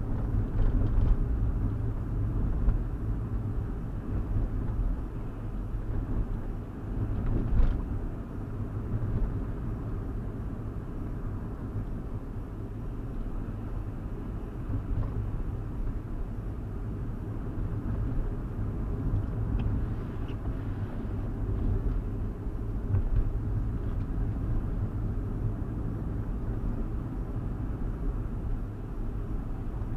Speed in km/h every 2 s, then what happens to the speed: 42, 42, 44, 45, 44, 44, 44, 42, 42, 42, 39, 44, 45, 44, 42.
0-20 steady at about 42. 20-23 speeds up to 45. 23-30 steady at about 44.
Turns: none.